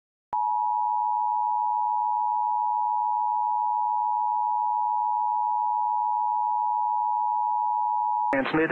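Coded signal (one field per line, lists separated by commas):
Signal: Emergency Alert System (SAME) tones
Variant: 853 and 960 Hz attention tone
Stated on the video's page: Recreated alert depicting a fictional big explosion.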